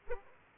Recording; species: mosquito wingbeat signal from an infrared sensor; Aedes aegypti